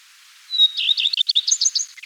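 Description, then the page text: Common redstart song phrase: a pure whistled opening note followed by a fast, varied scratchy warble that climbs higher toward the end. "Common Redstart Song. Quick Sounds"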